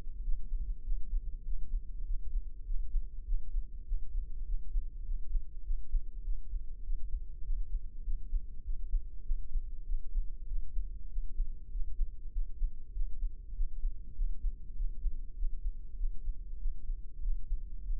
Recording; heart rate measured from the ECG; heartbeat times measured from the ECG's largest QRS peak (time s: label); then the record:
heart sounds by microphone in the left ear; 99 bpm
0.24 s: heartbeat
0.85 s: heartbeat
1.46 s: heartbeat
2.07 s: heartbeat
2.67 s: heartbeat
3.27 s: heartbeat
3.87 s: heartbeat
4.47 s: heartbeat
5.06 s: heartbeat
5.66 s: heartbeat
6.25 s: heartbeat
6.85 s: heartbeat
7.45 s: heartbeat
8.06 s: heartbeat
8.66 s: heartbeat
9.26 s: heartbeat
9.88 s: heartbeat
10.49 s: heartbeat
11.11 s: heartbeat
11.73 s: heartbeat
12.34 s: heartbeat
12.95 s: heartbeat
13.56 s: heartbeat
14.17 s: heartbeat
14.77 s: heartbeat
15.38 s: heartbeat
15.99 s: heartbeat
16.60 s: heartbeat
17.23 s: heartbeat
17.86 s: heartbeat
From the record:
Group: healthy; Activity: rest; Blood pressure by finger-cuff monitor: 159/92 mmHg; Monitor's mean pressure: 110 mmHg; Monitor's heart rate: 99 bpm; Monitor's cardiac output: 7.7 L/min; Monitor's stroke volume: 78 mL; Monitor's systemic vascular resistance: 1060 dyn s/cm5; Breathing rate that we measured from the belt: 19 breaths a minute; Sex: male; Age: 21 years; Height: 175 cm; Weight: 72.6 kg